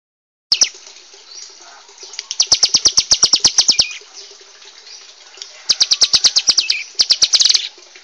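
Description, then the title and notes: Bar-winged prinia singing fast series of sharp, high repeated notes, up to about a dozen per series, with pauses between series. Vigorously singing adult and young birds. "Kicau Ciblek. suara burung ciblek gacor dan anakan"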